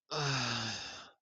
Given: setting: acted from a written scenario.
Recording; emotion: vocal sound without words; ecstasy